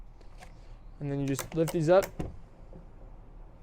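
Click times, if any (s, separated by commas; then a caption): none. A polycarbonate window on the camper wall of a 2022 OBI Dweller 15 off-road camper is being lifted toward its raised, latched-open position on its window stay while someone talks. Only quiet handling noise follows the talking, and nothing has clicked or latched into place yet.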